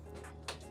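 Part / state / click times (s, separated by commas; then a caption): door latch tabs into dog kennel frame / seated / 0.5 s. Two tabs on a plastic dog kennel door are pulled down so the door latch locks into place in the kennel frame. Over a steady low, tonal background, one short, sharp click sounds at 0.5 s as the latch seats.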